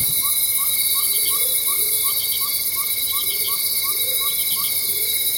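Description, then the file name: Insects buzz loudly and steadily at high pitch, joined by a rapid regular run of short chirps and intermittent soft low rising calls. Loud insects in tropical rainforest ambience, Venezuela. "nature tropical rainforest ambience venezuela loud insects"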